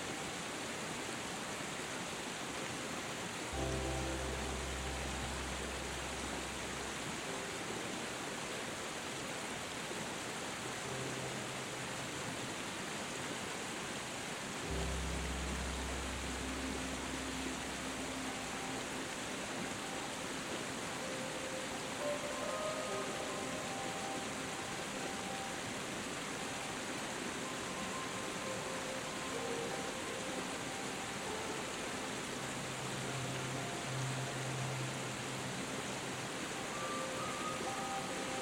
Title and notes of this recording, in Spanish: una CASCADA Apacible y una MÚSICA Suave. El murmullo apacible de una cascada se entrelaza con la dulzura de una melodía envolvente